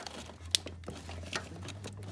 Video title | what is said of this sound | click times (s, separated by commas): How to Replace Your CAMSHAFT POSITION Sensor in Minutes! Jeep WJ 4.7l V8 | put on there until it clicks. Just click. Yeah, it's on there. | 0.6 s